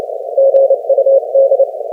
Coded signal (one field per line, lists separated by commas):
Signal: Morse code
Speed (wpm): 26 wpm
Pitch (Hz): 540 Hz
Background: none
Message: GUD